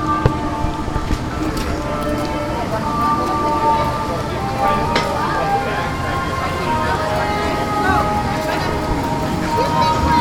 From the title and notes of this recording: Universal Islands of Adventure audio journey. The amazing sounds that come from a Theme Park.